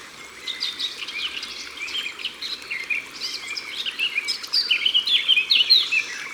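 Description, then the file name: Eurasian blackcap song: a chattering warble building into bright fluty whistled phrases near the end. Recorded by the water. "Fauvette a tete noire Au bord de leau"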